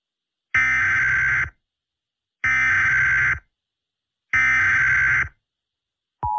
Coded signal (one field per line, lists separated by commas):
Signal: Emergency Alert System (SAME) tones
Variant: header bursts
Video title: EAS Scenario/Mock #8 - WW3